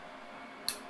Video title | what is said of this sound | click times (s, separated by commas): Reseating a Motherboard (New Motherboard Standoff Installation) (Part 2) | and then this little piece down here you pull that to unlock it | 0.7 s